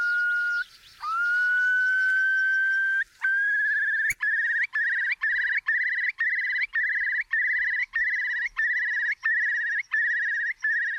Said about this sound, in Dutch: Dan daalt hij af in zijn baltsvlucht en dan gaat hij nog een keer omhoog. Met deze fluittonen gaat hij omhoog, fladdert. Dan komt hij op hoogte en dan weer gaat hij jodelend naar beneden.